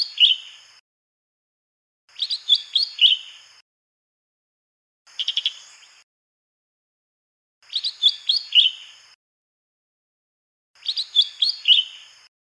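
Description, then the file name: Lesser green leafbird song: five short, bright phrases of rapid chirps and slurred whistles, repeated every few seconds. "suara kicauan cucak hijau mini di alam liar. omkicau"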